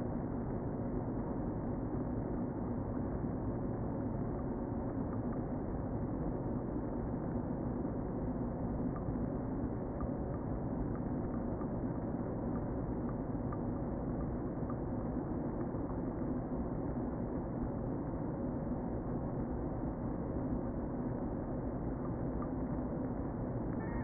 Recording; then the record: honeybee colony, microphone inside the hive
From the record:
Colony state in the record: queen present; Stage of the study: before two queens were removed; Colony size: about 60,000 bees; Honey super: yes